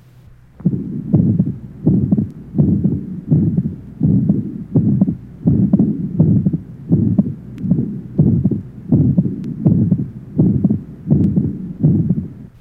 Age 35, atrial septal defect, left sternal border area.